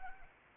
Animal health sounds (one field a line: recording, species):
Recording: mosquito wingbeat signal from an infrared sensor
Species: Anopheles arabiensis